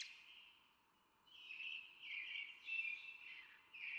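Brown Thrasher song, a run of rich, varied warbled phrases at mid-high pitch, starting after a brief high note and continuing with short pauses, over faint background hiss.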